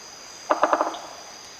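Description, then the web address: Crimson-crested woodpecker drum: four sharp knocks in quick succession, slightly accelerating, over a steady high insect hum. Drumming, eastern lowlands of South America. "ENTER Music and Audio. Nature Songs S America Eastern Lowlands. Campephilus melanoleucos, drum"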